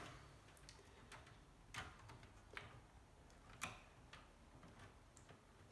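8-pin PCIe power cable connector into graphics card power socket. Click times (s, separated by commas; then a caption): 3.6 s. An 8-pin plastic PCIe power cable connector is pushed into the power socket of an ASUS Strix GTX 1080 graphics card, with soft ticks and scrapes as it is worked in. A sharp click at 3.6 s marks the connector seating.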